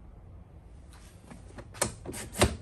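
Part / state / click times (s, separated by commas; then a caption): shortened telescoping handle latch in a wheeled tool box frame / not seated / none. A shortened telescoping handle on a Milwaukee Packout wheeled tool box frame is pushed into the down position, making a series of light knocks and sliding clatters with sharper, louder knocks around 1.8 s and 2.4 s. The handle does not lock down and nothing clicks into place, because the latch has no hole to engage.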